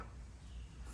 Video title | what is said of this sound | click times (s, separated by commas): NEW Lifts for My Shop❗️Finally 🙌 And I Can ROLL Them Anywhere?! | Okay. So, then this one didn't catch. | none